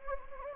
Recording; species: mosquito wingbeat signal from an infrared sensor; Anopheles gambiae